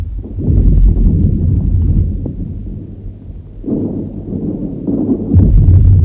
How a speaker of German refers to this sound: Dieser Kanonendonner.